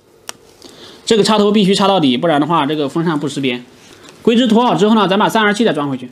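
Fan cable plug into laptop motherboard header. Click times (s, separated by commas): 0.3 s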